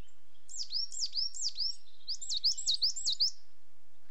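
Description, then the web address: Coal tit display calls: a run of high, looping, squeaky notes repeated quickly, first slower then faster and tighter, with faint background hiss. Two pairs displaying. "BBC Sound Effects Library. Coal Tits"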